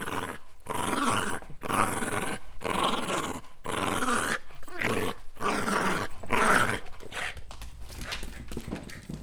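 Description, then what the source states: Shiba Inu growling playfully, loud gravelly bursts with brief pauses. Shiba Inu playing with a string.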